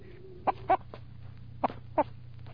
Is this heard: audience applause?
no